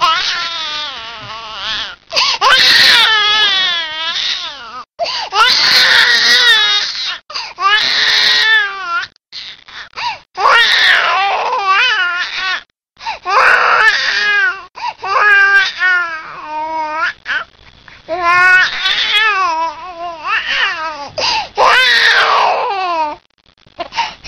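Repeated bursts of high-pitched infant crying, each wail a few seconds long with wavering pitch, separated by brief gasping pauses for breath. The pattern is a sustained crying bout from a baby.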